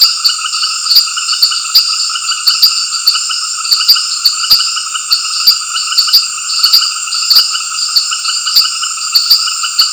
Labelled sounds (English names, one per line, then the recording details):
none
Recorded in dense forest near Puerto Asís, Putumayo, Colombia, on 9 March 2025 at 18:30
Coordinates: 0.481, -76.323
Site G088